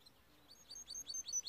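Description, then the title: Timbrado canary song: a quick series of short, high chirps repeated several times a second, growing louder toward the end, over a quiet background. Timbrado canary singing, used for training. "Canary Bird Singing - Timbrado training video"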